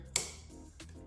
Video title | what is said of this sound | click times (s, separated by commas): 2022-2025 HONDA CIVIC 1.5L, (L15B7) Replace Air Bypass Valve | Just slide it on, listen for the click. | 0.2 s